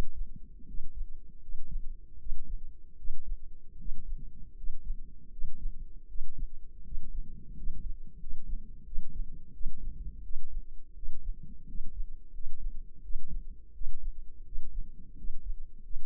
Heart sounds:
heart sounds by microphone in the left ear; 83 bpm
0.64 s: heartbeat
1.39 s: heartbeat
2.16 s: heartbeat
2.94 s: heartbeat
3.75 s: heartbeat
4.53 s: heartbeat
5.28 s: heartbeat
6.05 s: heartbeat
6.81 s: heartbeat
7.53 s: heartbeat
8.16 s: heartbeat
8.83 s: heartbeat
9.50 s: heartbeat
10.20 s: heartbeat
10.92 s: heartbeat
11.64 s: heartbeat
12.30 s: heartbeat
13.00 s: heartbeat
13.71 s: heartbeat
14.42 s: heartbeat
15.14 s: heartbeat
15.80 s: heartbeat
From the record:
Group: healthy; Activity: rest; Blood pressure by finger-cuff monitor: 115/62 mmHg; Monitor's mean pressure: 74 mmHg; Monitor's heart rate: 82 bpm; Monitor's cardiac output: 6 L/min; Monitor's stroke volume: 75 mL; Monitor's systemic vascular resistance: 870 dyn s/cm5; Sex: male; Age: 20 years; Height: 167 cm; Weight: 61 kg

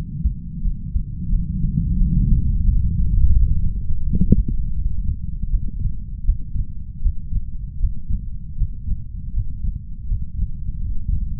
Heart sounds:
heart sounds by stethoscope; 82 bpm
0.61 s: heartbeat
1.29 s: heartbeat
1.97 s: heartbeat
2.64 s: heartbeat
3.32 s: heartbeat
4.02 s: heartbeat
4.74 s: heartbeat
5.50 s: heartbeat
6.24 s: heartbeat
7.01 s: heartbeat
7.79 s: heartbeat
8.56 s: heartbeat
9.33 s: heartbeat
10.07 s: heartbeat
10.81 s: heartbeat
From the record:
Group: healthy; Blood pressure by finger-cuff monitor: 119/76 mmHg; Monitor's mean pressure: 93 mmHg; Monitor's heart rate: 81 bpm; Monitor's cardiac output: 7.6 L/min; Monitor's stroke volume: 87 mL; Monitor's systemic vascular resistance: 880 dyn s/cm5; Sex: male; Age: 33 years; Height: 179 cm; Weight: 80.4 kg

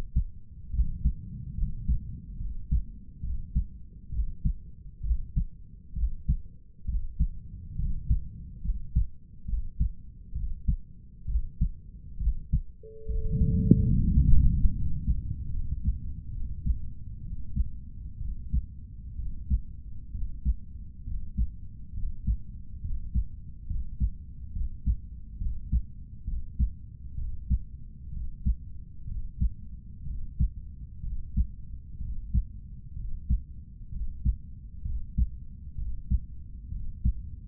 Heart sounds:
heart sounds by stethoscope; 67 bpm
0.74 s: heartbeat
1.58 s: heartbeat
2.41 s: heartbeat
3.24 s: heartbeat
4.13 s: heartbeat
5.05 s: heartbeat
5.97 s: heartbeat
6.89 s: heartbeat
7.79 s: heartbeat
8.65 s: heartbeat
9.49 s: heartbeat
10.36 s: heartbeat
11.29 s: heartbeat
12.21 s: heartbeat
13.09 s: heartbeat
13.97 s: heartbeat
14.76 s: heartbeat
15.53 s: heartbeat
16.34 s: heartbeat
17.24 s: heartbeat
18.21 s: heartbeat
19.19 s: heartbeat
20.14 s: heartbeat
21.07 s: heartbeat
21.96 s: heartbeat
22.84 s: heartbeat
23.69 s: heartbeat
24.55 s: heartbeat
25.41 s: heartbeat
26.28 s: heartbeat
27.18 s: heartbeat
28.13 s: heartbeat
29.08 s: heartbeat
30.07 s: heartbeat
31.04 s: heartbeat
32.02 s: heartbeat
32.97 s: heartbeat
33.93 s: heartbeat
34.86 s: heartbeat
35.78 s: heartbeat
36.72 s: heartbeat
From the record:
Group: healthy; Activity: rest 0-9 s, breath hold 9-37 s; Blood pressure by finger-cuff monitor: 136/85 mmHg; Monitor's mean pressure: 98 mmHg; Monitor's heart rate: 65 bpm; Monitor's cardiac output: 7.3 L/min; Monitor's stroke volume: 110 mL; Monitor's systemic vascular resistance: 990 dyn s/cm5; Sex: male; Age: 30 years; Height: 188 cm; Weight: 110.2 kg

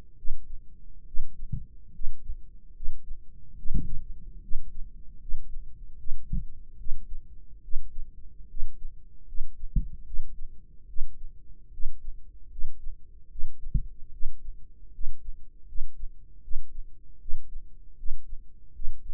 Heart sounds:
heart sounds by microphone in the right ear; 74 bpm
0.15 s: heartbeat
1.04 s: heartbeat
1.91 s: heartbeat
2.73 s: heartbeat
3.55 s: heartbeat
4.40 s: heartbeat
5.18 s: heartbeat
5.96 s: heartbeat
6.76 s: heartbeat
7.61 s: heartbeat
8.47 s: heartbeat
9.25 s: heartbeat
10.04 s: heartbeat
10.86 s: heartbeat
11.70 s: heartbeat
12.49 s: heartbeat
13.28 s: heartbeat
14.10 s: heartbeat
14.91 s: heartbeat
15.65 s: heartbeat
16.41 s: heartbeat
17.18 s: heartbeat
17.96 s: heartbeat
18.72 s: heartbeat
From the record:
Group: healthy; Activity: rest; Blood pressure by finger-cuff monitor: 132/76 mmHg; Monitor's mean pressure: 95 mmHg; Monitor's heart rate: 75 bpm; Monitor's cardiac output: 6.6 L/min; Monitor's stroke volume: 88 mL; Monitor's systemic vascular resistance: 1080 dyn s/cm5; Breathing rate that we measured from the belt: 18 breaths a minute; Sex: male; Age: 21 years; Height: 180 cm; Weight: 67.5 kg

